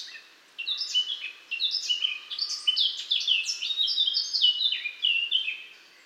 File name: Sylvia atricapilla